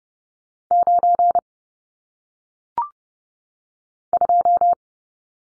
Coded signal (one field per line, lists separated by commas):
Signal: Morse code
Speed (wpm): 30 wpm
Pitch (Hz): 700 Hz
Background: none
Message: 9 2